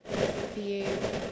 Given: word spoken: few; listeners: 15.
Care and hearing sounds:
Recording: one English word in noise, from a listening test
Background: noise modulated by three-talker babble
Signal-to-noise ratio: -3.5 dB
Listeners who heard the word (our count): 1 of 15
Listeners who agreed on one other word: 9 of 15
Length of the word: 0.92 s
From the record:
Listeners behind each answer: 9, 1, 1, 1, 1, 1, 1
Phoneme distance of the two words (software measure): 10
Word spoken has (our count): 1 syllable, 3 phonemes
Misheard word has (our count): 1 syllable, 3 phonemes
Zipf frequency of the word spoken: 5.67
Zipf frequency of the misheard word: 5.16

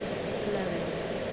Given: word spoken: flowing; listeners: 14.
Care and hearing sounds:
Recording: one English word in noise, from a listening test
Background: speech-shaped noise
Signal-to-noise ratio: -5.1 dB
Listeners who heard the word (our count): 2 of 14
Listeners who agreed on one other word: 7 of 14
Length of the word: 0.93 s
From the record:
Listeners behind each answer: 7, 2, 1, 1, 1, 1, 1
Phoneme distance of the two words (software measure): 10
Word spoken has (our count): 2 syllables, 5 phonemes, stress on syllable 1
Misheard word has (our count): 2 syllables, 5 phonemes, stress on syllable 1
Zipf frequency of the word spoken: 4.02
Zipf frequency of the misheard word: 3.55

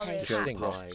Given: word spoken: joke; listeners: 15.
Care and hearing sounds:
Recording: one English word in noise, from a listening test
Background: four-talker babble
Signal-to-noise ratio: -2.7 dB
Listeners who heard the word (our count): 1 of 15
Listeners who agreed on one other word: 7 of 15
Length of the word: 0.55 s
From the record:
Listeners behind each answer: 7, 2, 1, 1, 1, 1, 1, 1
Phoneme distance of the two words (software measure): 55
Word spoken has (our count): 1 syllable, 3 phonemes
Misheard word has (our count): 2 syllables, 8 phonemes, stress on syllable 2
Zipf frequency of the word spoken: 4.59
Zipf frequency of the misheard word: 3.75

